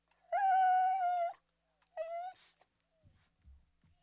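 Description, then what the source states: Dog giving a steady, level whine for about a second, then a shorter one, followed by faint low shuffling sounds. Medium-sized dog whining.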